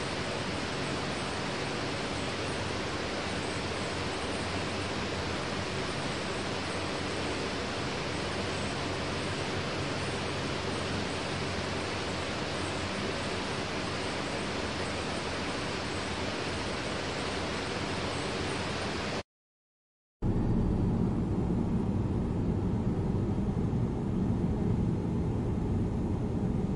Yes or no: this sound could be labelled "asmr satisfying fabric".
no